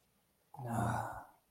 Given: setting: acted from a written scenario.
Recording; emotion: vocal sound without words; disappointment